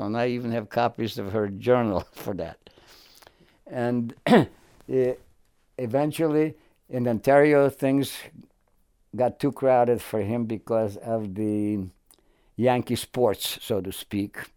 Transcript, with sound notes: And I even have copies of her journal [Chuckles] for that. And [Clears throat] eventually, in Ontario, things got too crowded for him because of the Yankee sports, so to speak.